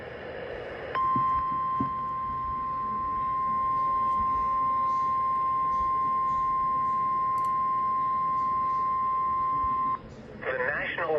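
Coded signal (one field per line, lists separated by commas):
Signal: Emergency Alert System (SAME) tones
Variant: 1050 Hz attention tone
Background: speech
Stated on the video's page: Alerts received from NOAA weather radio station KEC94 during monsoon season.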